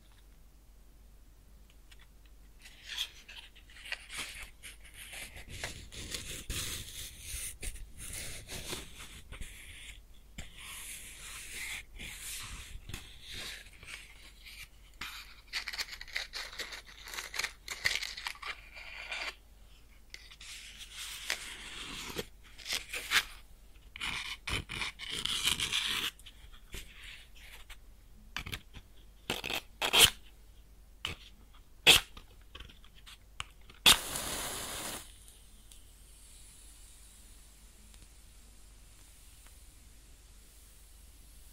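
A match burns close up, giving a steady run of dry, irregular crackles from about three seconds in, thickening around twenty to twenty-six seconds. Sharp snaps stand out near thirty seconds, a bright burst comes at thirty-four, then only a faint sizzling hiss remains.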